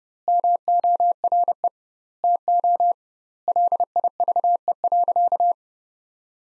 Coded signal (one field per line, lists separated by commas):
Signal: Morse code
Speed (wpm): 28 wpm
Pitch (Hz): 700 Hz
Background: none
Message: MORE TO LIVE.